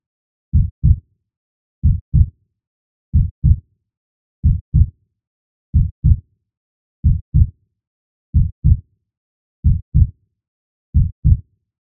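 Slow, steady heartbeat at about 46 beats a minute, each beat a clear low lub-dub pair with silence between. The rhythm is regular with no added sounds. This is a sound effect.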